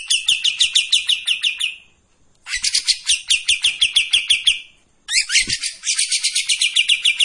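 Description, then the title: Streak-eared bulbul delivering three long runs of fast, harsh, rhythmically repeated notes, each about two seconds long, with brief silences between them. Actively singing bird giving long tembakan and besetan song phrases; clear audio meant as master audio for training white-rumped shamas. "KAPAS TEMBAK GACOR TEMBAKAN DAN BESETAN PANJANG AUDIO KERNIH COCOK UNTUK MASTERAN MURAI BATU"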